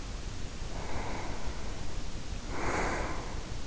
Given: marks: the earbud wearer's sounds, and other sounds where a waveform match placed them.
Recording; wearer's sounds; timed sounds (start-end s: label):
sounds in sleep by an in-ear microphone; breath
0.67-3.66 s: breath